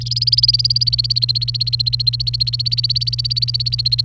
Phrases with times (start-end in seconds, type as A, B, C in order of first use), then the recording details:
0.01-4.04 A. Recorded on 29 April 2018 at 12:01. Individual llb3